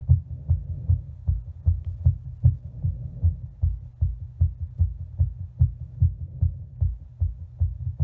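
Steady, rapid low-pitched heart thumps at about 150 per minute over a soft background hum.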